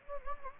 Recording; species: mosquito wingbeat signal from an infrared sensor; Anopheles gambiae